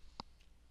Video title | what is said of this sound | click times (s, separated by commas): Mobile DVR Setup Guide for Recording/Playback and SD Card Installation | Alright, that click that you hear, that means that it's in there. | 0.2 s